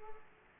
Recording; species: mosquito wingbeat signal from an infrared sensor; Aedes aegypti